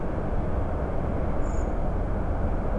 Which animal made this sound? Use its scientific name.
Turdus merula